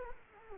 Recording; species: mosquito wingbeat signal from an infrared sensor; Culex quinquefasciatus